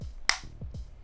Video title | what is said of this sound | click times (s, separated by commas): INSANE Motorized Panning Slider - Vectorgear Air | you can hear a very plastic click | 0.3 s